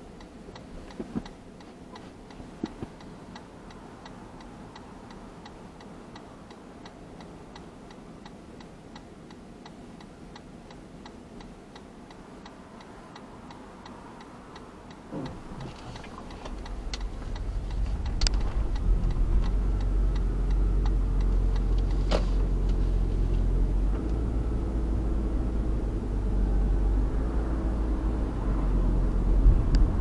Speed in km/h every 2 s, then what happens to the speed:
0, 0, 0, 0, 0, 0, 0, 0, 0, 0, 14, 18, 23, 29, 33.
0-18 standing. 18-30 pulls away to 33.